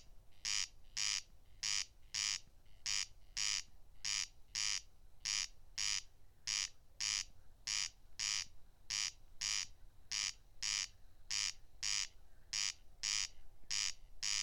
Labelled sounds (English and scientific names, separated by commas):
Corn Crake (Crex crex) song